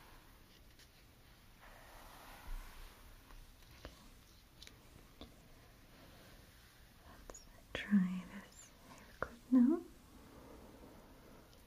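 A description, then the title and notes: Soft handling sounds of hair and small accessories, mostly faint rustles and light taps spread sparsely across the clip. Two louder bursts stand out near the eighth and tenth seconds, like a clip or pin being handled. Sounds and visuals of silky hair being brushed and pinned up with beautiful hair accessories. Gentle hand movements.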